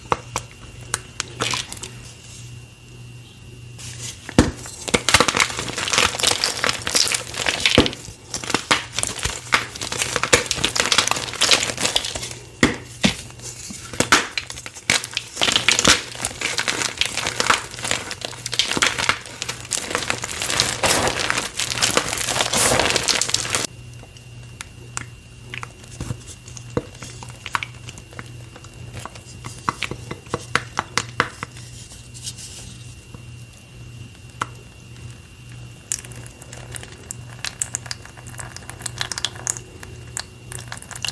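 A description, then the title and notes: Gym chalk being crushed in oily hands, a dense run of gritty crinkling and crackling. The crushing is busiest from about 4 to 24 seconds, then thins to sparser crackles. A steady low hum runs underneath throughout. Baby Oil Gym Chalk Crushing Compilation.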